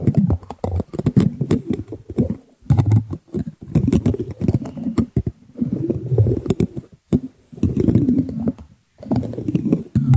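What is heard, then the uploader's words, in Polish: Teaspoons clatter and rub together in dense, uneven bursts, with sharp ticks and clicks over a low, rumbling scrape. The handling stops briefly several times, with short silences near 2.5, 5, 7 and 8.7 seconds, then resumes just as busily. ŁYŻECZKI ASMR.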